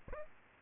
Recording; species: mosquito wingbeat signal from an infrared sensor; Aedes albopictus